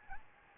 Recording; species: mosquito wingbeat signal from an infrared sensor; Aedes albopictus